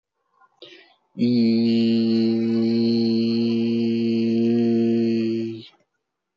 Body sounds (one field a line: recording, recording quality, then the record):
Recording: sustained vowel as in beet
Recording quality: excellent, no background noise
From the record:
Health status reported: healthy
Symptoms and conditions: none ticked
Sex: male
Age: 40 years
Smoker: not ticked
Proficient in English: yes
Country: India